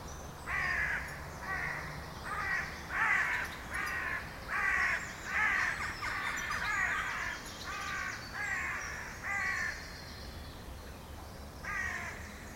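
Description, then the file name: Carrion crow giving a long run of harsh, hoarse caws in steady succession, then a pause and one final caw. "Corvus corone"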